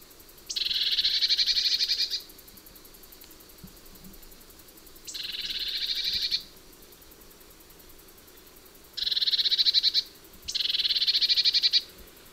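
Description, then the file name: Eurasian blue tit giving four dry, rapid churring rattles, each about one to two seconds long, with gaps of varying length. "Cyanistes caeruleus"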